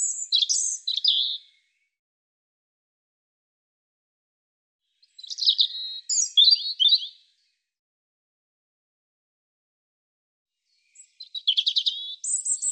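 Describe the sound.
European robin song: three bursts of high, thin warbles and trills, each lasting a second or two and separated by pauses of a few seconds.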